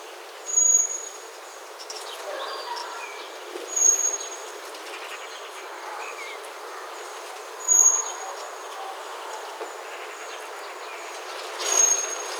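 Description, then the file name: Common blackbird producing four high, pure, short whistled calls at intervals of three to four seconds, over a steady hiss. "Turdus merula"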